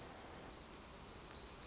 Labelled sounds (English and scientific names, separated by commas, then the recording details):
Black-throated Gray Warbler (Setophaga nigrescens)
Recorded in Sonoma County, California